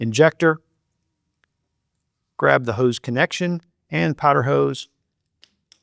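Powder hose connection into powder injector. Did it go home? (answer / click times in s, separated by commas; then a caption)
yes / 5.7 s. Someone talks, then a powder hose connection is pushed into the injector of an OptiFlex Pro powder coating unit. A faint tap comes at 5.4 s, followed by a sharp click at 5.7 s as the connection seats, confirming it is properly inserted.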